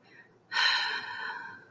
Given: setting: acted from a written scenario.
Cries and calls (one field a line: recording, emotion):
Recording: vocal sound without words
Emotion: desire